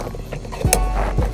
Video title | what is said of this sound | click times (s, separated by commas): Apple Carplay and Android Auto in a 2016 Chrysler 300!!!!! | and it snapped back in. | 0.7 s